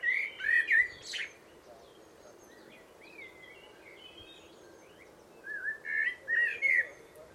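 Bird giving a short run of bright, slurred chirps, then faint scattered twitters, then another burst of chirps near the end over a steady low hum.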